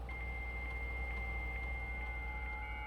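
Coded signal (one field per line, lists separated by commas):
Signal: dial-up modem handshake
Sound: steady high answer tone with soft regular clicks about twice a second, over low hum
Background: low rumble, game ambience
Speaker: I love that it does a dial-up modem sound. That's very cute. For anyone who doesn't know, that's what a dial-up modem sounds like when you used to use your telephone line to connect to the internet.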